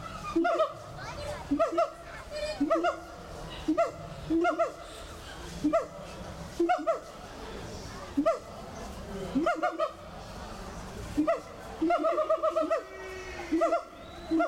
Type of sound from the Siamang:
call